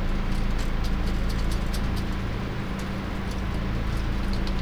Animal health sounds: poultry house recording; no chicken sound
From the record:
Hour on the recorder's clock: 22

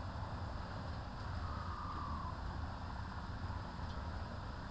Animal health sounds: poultry house recording; healthy chickens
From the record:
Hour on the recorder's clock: 13

